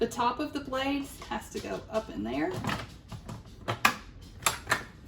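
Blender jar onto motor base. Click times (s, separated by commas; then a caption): 3.8 s. A blender jar is lined up by its arrows, its blade assembly is fitted up into place, and the jar is locked down onto the motor base while someone talks. A sharp hard plastic hit at 3.9 s marks the jar seating on the base, followed by a few smaller knocks.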